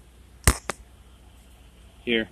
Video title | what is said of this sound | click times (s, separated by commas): Clock spring Hyundai | you'll hear it click, and the smaller one | 0.5 s